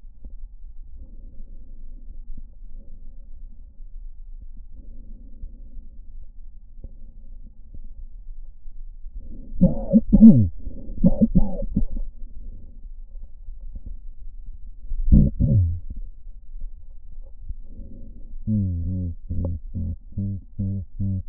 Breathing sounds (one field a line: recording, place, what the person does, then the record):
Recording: lung sounds by stethoscope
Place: left posterior apical chest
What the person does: quiet breathing, then cough and speech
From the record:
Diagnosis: none (healthy)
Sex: male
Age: 34 years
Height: 174 cm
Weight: 93 kg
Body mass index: 30.7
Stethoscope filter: diaphragm mode